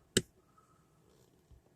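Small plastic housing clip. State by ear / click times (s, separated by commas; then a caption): partly seated / 0.2 s. The plastic halves of a toy spinning-top launcher are pressed back together after being opened, with a plastic clip on one housing half pushed into the other half. One sharp, bright click sounds at 0.2 s, followed by quiet and a faint low bump near 1.5 s. The shell only partly snaps: one clip does not snap and the other snaps only a little.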